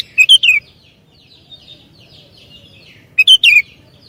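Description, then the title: Sooty-headed bulbul sings two short liquid phrases of three quick notes, one at the start and one near the end, over soft chatter from other birds. "kutilang"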